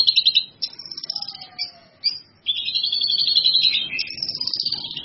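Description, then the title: Bird song of bright, high chirps and buzzy trills, broken by a short pause midway, then a long run of rapid scratchy notes. "burung"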